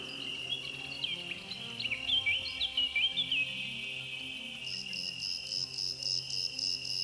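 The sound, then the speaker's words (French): A blackcap sings a short, quick run of bright warbling notes, rising and falling in pitch, over a steady high insect trill that turns into rapid pulsing chirps once the song stops. “Fauvette à tête noire.”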